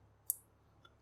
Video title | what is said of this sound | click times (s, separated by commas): How to On/Off and connect with WIFI Galaxy 7G Inverter - Solar Inverter - #bestinverterforhome | टक की आवाज़ आएगी तो ये पूरा फिट हो जाएगा। | 0.3 s